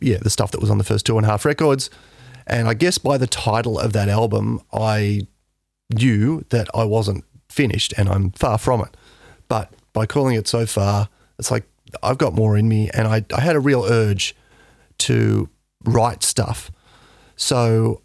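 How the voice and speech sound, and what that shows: Low, croaky adult male voice with frequent creak and breaks, typical of a paralyzed vocal cord: one side not moving, caused by an aggressive thyroid cancer that spread to the lungs. The voice was lost around August 2021 and had not improved by September.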